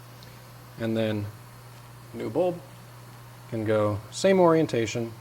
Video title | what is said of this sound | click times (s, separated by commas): 2013-2014 Ford F-150 / Raptor HID Headlight Bulb Replacement | always like to squeeze and make sure it pops back into place | 0.2 s